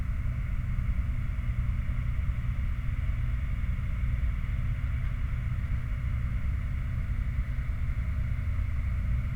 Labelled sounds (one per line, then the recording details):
machinery
flare stack
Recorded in the Prudhoe Bay oil fields, Alaska, on 29 July 2019 at 09:47
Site 29